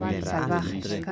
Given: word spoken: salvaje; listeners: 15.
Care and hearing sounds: one Spanish word in noise, from a listening test; four-talker babble; -0.5 dB; 2 of 15; 9 of 15; 0.72 s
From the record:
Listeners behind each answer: 9, 2, 1, 1, 1, 1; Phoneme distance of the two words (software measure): 7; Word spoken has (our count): 3 syllables, 7 phonemes, stress on syllable 2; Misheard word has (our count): 3 syllables, 8 phonemes, stress on syllable 2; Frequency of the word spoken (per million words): 14.80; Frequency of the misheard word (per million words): 8.73

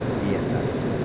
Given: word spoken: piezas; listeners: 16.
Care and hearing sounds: one Spanish word in noise, from a listening test; speech-shaped noise; -5.8 dB; 0 of 16; 7 of 16; 0.65 s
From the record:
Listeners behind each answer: 7, 3, 2, 1, 1, 1, 1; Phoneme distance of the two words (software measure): 17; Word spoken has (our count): 2 syllables, 6 phonemes, stress on syllable 1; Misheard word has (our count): 2 syllables, 7 phonemes, stress on syllable 1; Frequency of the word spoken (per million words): 54.23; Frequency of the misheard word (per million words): 60.86

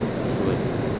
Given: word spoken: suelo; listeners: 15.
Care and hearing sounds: one Spanish word in noise, from a listening test; speech-shaped noise; -5.7 dB; 2 of 15; 7 of 15; 0.59 s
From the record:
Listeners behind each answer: 7, 2, 2, 1, 1, 1, 1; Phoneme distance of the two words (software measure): 10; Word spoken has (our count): 2 syllables, 5 phonemes, stress on syllable 1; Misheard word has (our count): 2 syllables, 5 phonemes, stress on syllable 1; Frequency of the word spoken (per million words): 134.80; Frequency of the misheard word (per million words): 104.51

